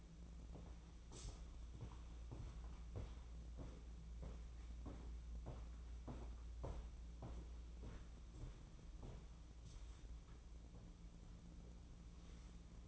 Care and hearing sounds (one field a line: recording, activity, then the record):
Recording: daily activity, microphone in the room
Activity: walk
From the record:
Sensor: 1